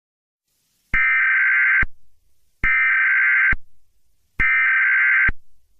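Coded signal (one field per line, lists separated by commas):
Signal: Emergency Alert System (SAME) tones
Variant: header bursts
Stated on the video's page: Joke EAS scenario, not a real alert.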